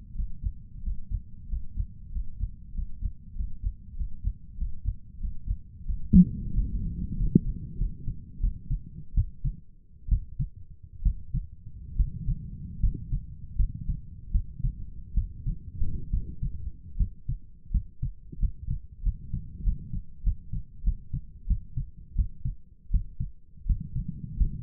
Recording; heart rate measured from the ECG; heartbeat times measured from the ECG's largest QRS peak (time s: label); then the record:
heart sounds by stethoscope; 84 bpm
0.14 s: heartbeat
0.82 s: heartbeat
1.48 s: heartbeat
2.11 s: heartbeat
2.73 s: heartbeat
3.35 s: heartbeat
3.96 s: heartbeat
4.57 s: heartbeat
5.19 s: heartbeat
5.84 s: heartbeat
6.52 s: heartbeat
7.16 s: heartbeat
7.78 s: heartbeat
8.40 s: heartbeat
9.14 s: heartbeat
10.09 s: heartbeat
11.03 s: heartbeat
11.97 s: heartbeat
12.80 s: heartbeat
13.56 s: heartbeat
14.32 s: heartbeat
15.14 s: heartbeat
16.11 s: heartbeat
16.97 s: heartbeat
17.71 s: heartbeat
18.40 s: heartbeat
19.03 s: heartbeat
19.64 s: heartbeat
20.24 s: heartbeat
20.84 s: heartbeat
21.48 s: heartbeat
22.16 s: heartbeat
22.91 s: heartbeat
23.66 s: heartbeat
24.37 s: heartbeat
From the record:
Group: healthy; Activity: breath hold 0-6 s, rest 6-25 s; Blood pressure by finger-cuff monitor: 121/64 mmHg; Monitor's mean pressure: 78 mmHg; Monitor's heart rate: 91 bpm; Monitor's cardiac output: 7.7 L/min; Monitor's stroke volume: 88 mL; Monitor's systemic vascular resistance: 700 dyn s/cm5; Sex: male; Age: 23 years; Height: 179 cm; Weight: 87 kg